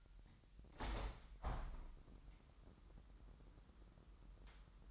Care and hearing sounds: daily activity, microphone in the room; open window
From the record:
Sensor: 3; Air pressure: 998.6 hPa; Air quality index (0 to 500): 133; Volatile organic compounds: 4 ppm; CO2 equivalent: 1594 ppm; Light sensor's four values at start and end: 8/19/8/8 and 8/20/8/9

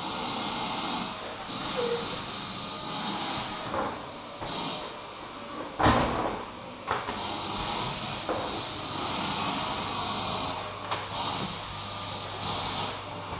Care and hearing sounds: daily activity, microphone in the room; vacuum cleaning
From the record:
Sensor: 1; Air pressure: 995.3 hPa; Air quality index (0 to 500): 25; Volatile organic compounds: 1 ppm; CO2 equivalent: 508 ppm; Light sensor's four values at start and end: 17/57/21/23 and 16/54/19/21

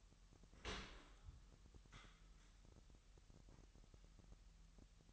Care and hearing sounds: daily activity, microphone in the room; open dishwasher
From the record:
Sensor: 3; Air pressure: 998.3 hPa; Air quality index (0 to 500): 148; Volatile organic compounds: 5 ppm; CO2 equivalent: 1768 ppm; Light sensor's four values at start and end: 14/41/16/15 and 14/40/16/15

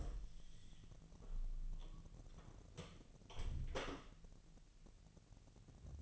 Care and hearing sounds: daily activity, microphone in the room; close door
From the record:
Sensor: 4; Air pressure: 1002.1 hPa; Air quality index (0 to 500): 248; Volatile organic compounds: 41 ppm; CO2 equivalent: 3165 ppm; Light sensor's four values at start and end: 9/20/8/7 and 10/21/8/8

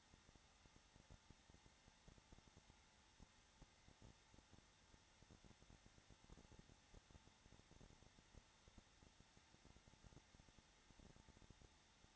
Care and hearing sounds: daily activity, microphone in the room; no activity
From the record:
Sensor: 3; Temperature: 21.3 degrees Celsius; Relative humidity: 33.3%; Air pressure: 994.5 hPa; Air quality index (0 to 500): 168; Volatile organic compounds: 3 ppm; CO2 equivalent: 1460 ppm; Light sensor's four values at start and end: 2/3/2/2 and 2/3/2/2

